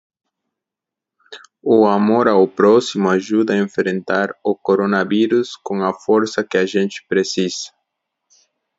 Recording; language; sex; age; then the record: spoken sentence; Brazilian Portuguese; male; 20 to 29 years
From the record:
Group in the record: control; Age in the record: 29 years